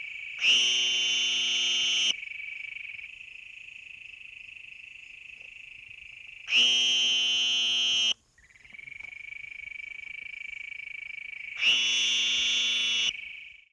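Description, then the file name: Sonoran green toad calling: three loud buzzing trills about one and a half seconds each, roughly five seconds apart, with a steady lower buzz continuing between them and a brief silent break. "Anaxyrus retiformis"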